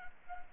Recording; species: mosquito wingbeat signal from an infrared sensor; Anopheles arabiensis